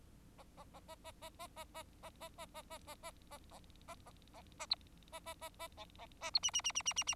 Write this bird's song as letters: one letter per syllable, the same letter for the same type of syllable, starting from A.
A A A A A A A A A A A A A A A A A A A A A A B A A A A C C A B D D D D D D D